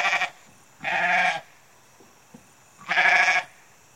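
Goat bleating: three harsh, nasal bleats, a short one at the start, then two of about half a second each near one second and near three seconds, with quiet gaps between.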